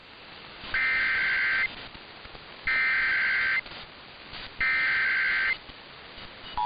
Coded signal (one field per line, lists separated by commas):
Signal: Emergency Alert System (SAME) tones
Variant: header bursts